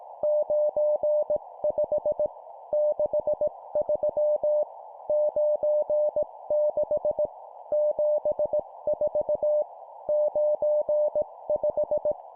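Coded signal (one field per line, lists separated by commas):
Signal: Morse code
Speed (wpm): 18 wpm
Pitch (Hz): 600 Hz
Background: none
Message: 95 63 96 74 95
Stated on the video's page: Morse code practice at 17 WPM, two-number words.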